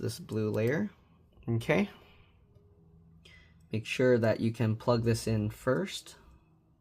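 Someone talks while handling a flex cable connector, lining it up over its logic board socket inside a 2022 M2 MacBook Air A2681 during disassembly and repair. Between the speech there is a quiet pause with a faint short tick around 3.3 s. The connector has not seated or clicked into place yet by the end of the clip.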